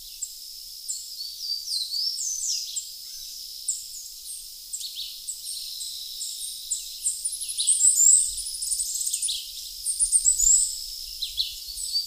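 Bird calls: many short high chirps and down-slurred whistles over a steady high hum.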